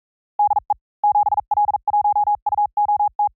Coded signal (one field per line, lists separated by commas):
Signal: Morse code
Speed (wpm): 44 wpm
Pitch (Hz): 830 Hz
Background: none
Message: DE 7L1UOT